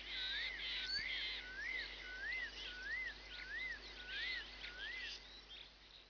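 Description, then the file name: Bird gives a series of wavering, rising-and-falling whistled notes. "Bird tweets"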